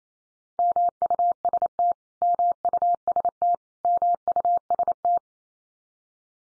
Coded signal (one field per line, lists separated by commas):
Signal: Morse code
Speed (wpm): 28 wpm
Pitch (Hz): 700 Hz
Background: none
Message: MUST MUST MUST